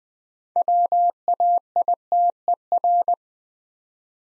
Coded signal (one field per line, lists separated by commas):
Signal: Morse code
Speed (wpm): 20 wpm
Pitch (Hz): 700 Hz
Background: none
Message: WAITER